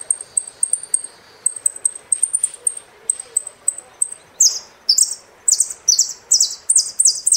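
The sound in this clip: Saffron finch singing: sharp high chips at first, then a row of louder descending sweeps repeated about twice a second.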